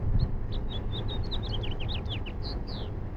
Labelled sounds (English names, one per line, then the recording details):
House Finch song
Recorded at Valley Stream on Long Island, New York, on 17 June 1975
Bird AD